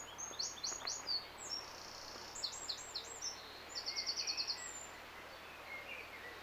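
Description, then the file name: Eurasian wren song: piercing high notes tumbling into a dry, rapid trill near the middle, then quieter warbling at the end. "Troglodytes troglodytes"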